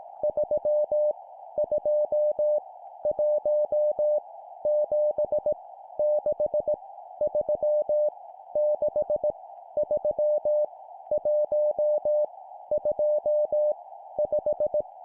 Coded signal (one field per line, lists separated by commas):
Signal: Morse code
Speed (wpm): 18 wpm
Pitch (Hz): 600 Hz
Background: none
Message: 3 2 1 7 6 3 6 3 1 2 5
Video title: 17wpm Random Numbers, morse code practice